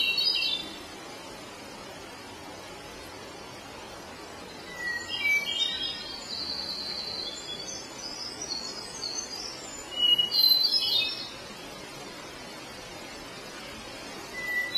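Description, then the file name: Hermit thrush song, brief fluty phrases sung about every five seconds with long pauses, over steady background hiss. "Catharus guttatus"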